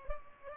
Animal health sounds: mosquito wingbeat signal from an infrared sensor; Culex pipiens

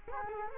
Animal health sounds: mosquito wingbeat signal from an infrared sensor; Culex quinquefasciatus

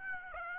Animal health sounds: mosquito wingbeat signal from an infrared sensor; Aedes aegypti

